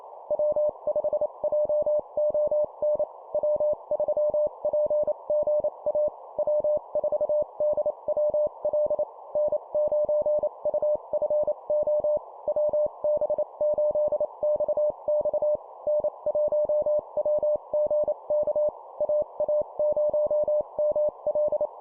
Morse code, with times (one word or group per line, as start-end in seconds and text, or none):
0.3-3.0 W5JON
3.3-6.1 W3PGA
6.4-9.0 W4DWL
9.4-12.2 N9UFO
12.5-15.6 WB8XX
15.9-18.7 N1WGK
19.0-21.7 AA0ML